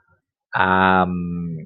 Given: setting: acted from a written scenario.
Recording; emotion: vocal sound without words; shame